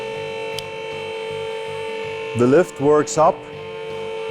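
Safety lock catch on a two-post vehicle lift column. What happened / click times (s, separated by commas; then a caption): The lift safety lock clicked into its first step / 0.6 s. A two-post vehicle lift is raised in a shop, and its steel safety lock catch on the lift column drops into the first lock step with a single sharp click at 0.6 s. A steady hum runs throughout, and someone talks later in the clip.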